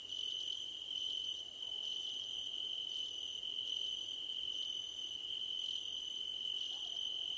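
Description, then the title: Crickets trilling, high pulsed bursts repeating over an even, persistent drone. Night-time cricket ambience under a starlit sky. "Nighttime Ambience with Crickets"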